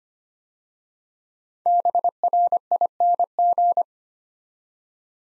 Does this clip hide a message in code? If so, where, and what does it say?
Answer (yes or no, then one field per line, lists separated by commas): yes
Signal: Morse code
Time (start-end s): 1.7-3.8 s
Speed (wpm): 25 wpm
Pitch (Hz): 700 Hz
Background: none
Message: BRING